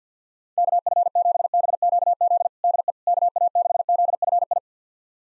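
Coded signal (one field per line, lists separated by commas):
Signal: Morse code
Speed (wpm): 50 wpm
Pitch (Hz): 700 Hz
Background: none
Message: KF7BQZ DE KA6ZFI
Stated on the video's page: Morse drill of 6-character call sign pairs at 50 wpm, each sent, spoken, then sent again.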